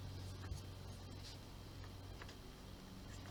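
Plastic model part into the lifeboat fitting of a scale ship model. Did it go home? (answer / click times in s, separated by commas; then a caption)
no / none. A plastic part of a Titanic scale ship model's lifeboat assembly is handled and pressed toward its mount on the lifeboat fitting. Only a steady low hum and a few faint, soft handling ticks are heard. Nothing has seated or clicked into place yet.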